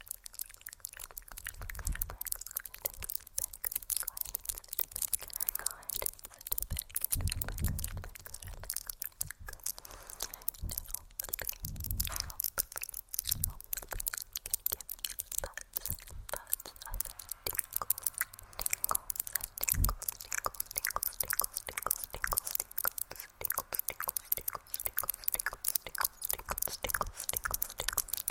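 Hair play and nail tapping fill the clip with a dense, continuous stream of crisp crackling and rustling, bright and fast with no pause. Occasional low thumps land around two, seven, thirteen and twenty seconds, and faint soft murmuring sits underneath.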